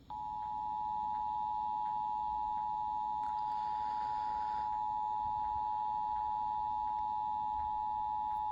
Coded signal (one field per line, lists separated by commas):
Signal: Emergency Alert System (SAME) tones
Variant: 853 and 960 Hz attention tone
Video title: Eas rwt Eas#487- 488)